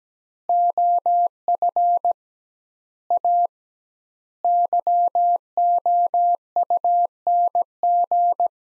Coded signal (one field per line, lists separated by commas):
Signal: Morse code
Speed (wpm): 17 wpm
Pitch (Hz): 700 Hz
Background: none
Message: OF A YOUNG